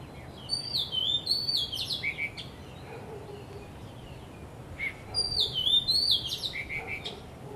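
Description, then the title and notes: Bird song: two bright phrases of slurred whistles and chattery notes, each lasting about two seconds, separated by a brief lull. Birds singing vigorously at Wu Kai Sha, Hong Kong, on 15 December 2006; recorded with AKG condenser microphones in XY stereo. "香港 烏溪沙 雀鳥勁唱歌 Date: 15 December 2006"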